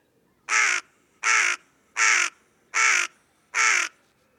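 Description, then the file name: Carrion crow cawing five times in a steady series, each call harsh and grating, spaced evenly less than a second apart. "Corvus corone"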